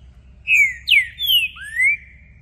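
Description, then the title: Green-winged saltator whistling a phrase of four rich slurred notes, the first falling, the last rising, each about a third of a second, over a faint low hum. Trinca-ferro song used to warm up a bird for a singing contest; calling, singing and acting aggressive, switching between several song types, meant to open the bird's song. "ESQUENTAR Seu TRINCA Piando, Cantando E Macheando Na DISPUTA. Trinca Ferro VALENTE! VIRANDO VARIOS TIPOS DE CANTOS!! ABRIR O CANTO!!"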